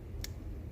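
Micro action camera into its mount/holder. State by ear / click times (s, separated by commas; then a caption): seated / 0.2 s. A Hawkeye Firefly Micro action camera is slid into its holder until the top-left corner latch locks it in place. A single short, bright click sounds at 0.2 s over a low, steady background hum. The camera is seated and locked in its mount.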